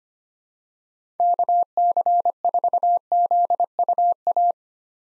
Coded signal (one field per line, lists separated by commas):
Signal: Morse code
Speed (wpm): 25 wpm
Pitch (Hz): 700 Hz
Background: none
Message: KC4ZUA